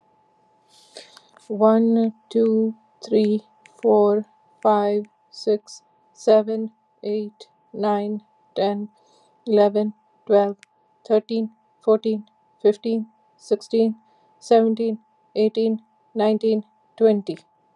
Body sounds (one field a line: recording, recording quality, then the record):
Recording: counting at a normal pace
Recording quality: excellent, no background noise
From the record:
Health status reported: COVID-19 positive, no symptoms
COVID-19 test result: positive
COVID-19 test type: rapid antigen test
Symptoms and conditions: cough, sore throat, fatigue, muscle pain, hypertension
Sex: female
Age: 50 years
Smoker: no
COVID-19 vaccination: both doses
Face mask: not worn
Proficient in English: yes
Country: United States